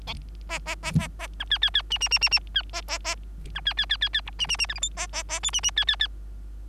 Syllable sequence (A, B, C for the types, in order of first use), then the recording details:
A A A A A B C C C D D D D D C A A A B C C C C C E D D D F G H A A A I D D C C C. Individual Bird3